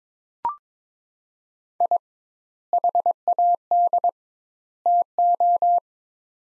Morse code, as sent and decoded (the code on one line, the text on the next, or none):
.. / .... .- -.. / - ---
I HAD TO